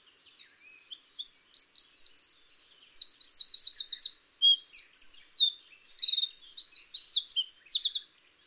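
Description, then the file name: Eurasian wren song, a long rapid outpouring of high sharp notes lasting about eight seconds, broken by fast rattling trills, with no other sounds. "Troglodytes troglodytes"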